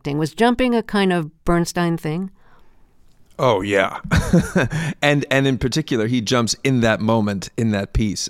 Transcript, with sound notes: Was jumping a kind of Bernstein thing?
Oh, yeah (laughter). And in particular, he jumps in that moment in that piece.